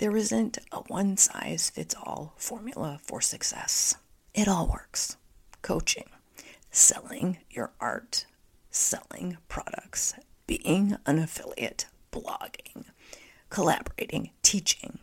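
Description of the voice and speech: Adult woman speaking with spasmodic dysphonia, a voice condition that developed in the first quarter of 2023 after a period of extreme tiredness. Her voice is strained and partly breathy or whispery, with creaky, broken phonation and frequent pauses between short phrases.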